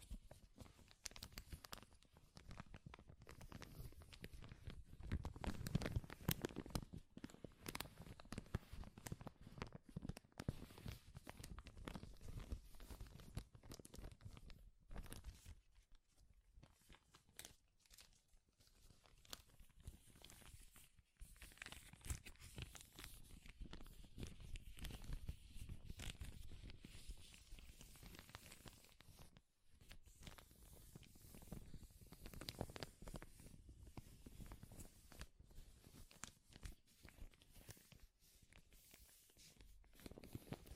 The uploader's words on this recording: ASMR Powerful Crinkles to Make You Tingle (No Talking).